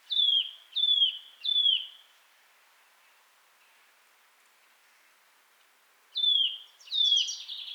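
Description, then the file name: Eurasian nuthatch calling with loud, clear downslurred whistled notes, three evenly spaced in quick succession, then a four-second silence, then two more, the last one rougher. "Sitta europaea"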